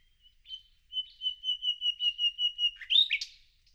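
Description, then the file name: Common nightingale song: a soft whistle, then a series of evenly repeated piping notes, ending in a sharp rasping flourish. "Luscinia megarhynchos"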